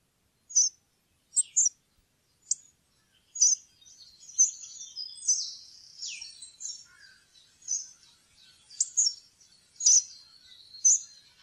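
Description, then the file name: Hawfinch calls: sharp, high ticking notes given singly and in quick pairs, with softer thin sibilant notes between them. "kjernebiter"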